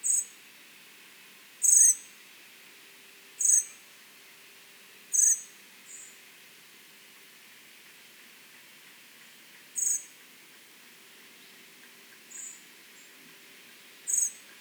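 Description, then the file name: Common blackbird giving thin, very high-pitched calls, repeated roughly every two to five seconds, with a few fainter notes between them over a quiet background. "Turdus merula"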